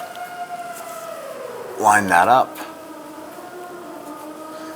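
Someone talks while lining up the wiring harness electrical connector on a new, already torqued engine knock sensor of a 1992–1996 Toyota Camry 2.2L L4, before pushing it on. A steady tonal hum runs throughout, and the voice is loudest from about 1.8 to 2.5 s. The connector has not seated or clicked yet.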